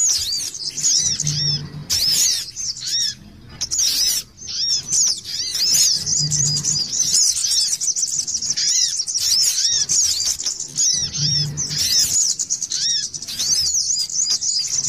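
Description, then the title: Little spiderhunter song, a sustained high-pitched stream of quick chirps, trills and slurred whistles running nearly unbroken, with a faint low humming sound recurring in the background. Masteran training recording; local name sogok ontong labaik. "Masteran Burung Sogok Ontong Labaik"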